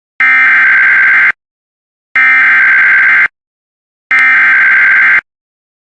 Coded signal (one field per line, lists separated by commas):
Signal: Emergency Alert System (SAME) tones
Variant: header bursts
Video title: TX SVR EAS #575 (3/26/23)